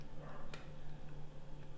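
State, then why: Not seated. A replacement plastic front lens is being handled and pressed toward the frame of a pair of 100% Speedtrap sunglasses. There are brief handling ticks, one sharper at 0.5 s, over a steady low hum. The lens has not seated or snapped in yet.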